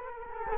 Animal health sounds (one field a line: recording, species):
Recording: mosquito wingbeat signal from an infrared sensor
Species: Culex quinquefasciatus